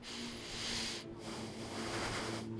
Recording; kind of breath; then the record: one breath in and out by a microphone near the nose and mouth; deep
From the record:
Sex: male